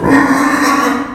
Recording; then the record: squeal of a Yucatan mini pig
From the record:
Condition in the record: after surgery on the right vocal fold (resection and tissue-engineered implant); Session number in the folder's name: 4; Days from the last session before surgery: 26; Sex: female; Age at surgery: 19 weeks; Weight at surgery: 25 kg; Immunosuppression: prednisolone